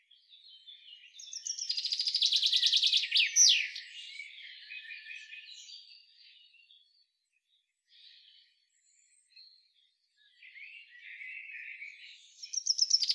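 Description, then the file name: Common chaffinch song: a fast run of repeated chipping notes ends in a brief flourish, followed by soft scattered twitters and another song beginning at the end. "Fringilla coelebs"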